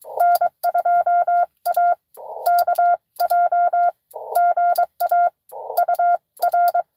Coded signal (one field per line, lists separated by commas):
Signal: Morse code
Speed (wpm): 22 wpm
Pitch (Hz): 700 Hz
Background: none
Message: N2AKJ GA UR